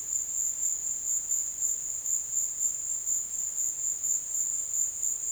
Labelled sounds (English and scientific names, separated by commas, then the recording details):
none
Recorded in dense forest near Puerto Asís, Putumayo, Colombia, on 23 June 2025 at 14:30
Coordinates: 0.484, -76.325
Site H65